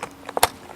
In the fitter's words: it's got a seal rubber on it there and you just pop it into place until you hear it click